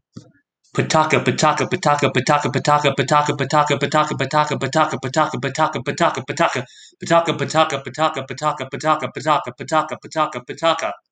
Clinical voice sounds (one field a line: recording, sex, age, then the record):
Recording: repeated syllables /pa ta ka/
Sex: male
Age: 40 to 49 years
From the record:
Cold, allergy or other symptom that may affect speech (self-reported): no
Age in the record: 45 years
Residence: United States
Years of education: 16